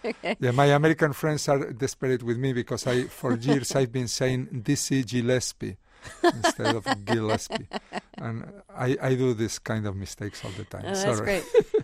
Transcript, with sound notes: Yeah. My American friends are disparate with me because I for years I've been saying Dizzy Gillespie...
(LAUGHTER)
... instead of Gillespie and I do this kind of mistakes all the time.